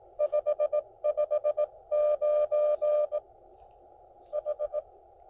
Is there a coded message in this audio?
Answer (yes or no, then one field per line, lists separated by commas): yes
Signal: Morse code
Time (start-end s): 0.2-4.8 s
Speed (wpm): 21 wpm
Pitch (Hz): 600 Hz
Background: none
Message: 559 H